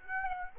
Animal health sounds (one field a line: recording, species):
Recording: mosquito wingbeat signal from an infrared sensor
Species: Aedes aegypti